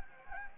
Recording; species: mosquito wingbeat signal from an infrared sensor; Anopheles gambiae